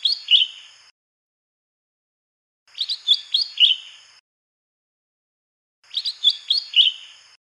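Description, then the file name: Lesser green leafbird song in three phrases of quick warbled chirps and slurred notes, separated by short pauses. "suara kicauan cucak hijau mini di alam liar. omkicau"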